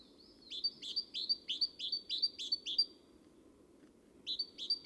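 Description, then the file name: Great tit song, a quick run of about eight bright two-note phrases with a sharp, ringing quality. After a short pause the run starts again, over a steady low background hum. "Parus major"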